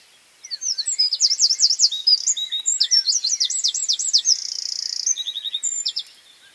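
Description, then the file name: Eurasian wren with a long, energetic high song of rapid trills, a dry buzzy stretch and a final quick rattle, about five and a half seconds. "Troglodytes troglodytes"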